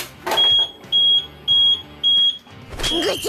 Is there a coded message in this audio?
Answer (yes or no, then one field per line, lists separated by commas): no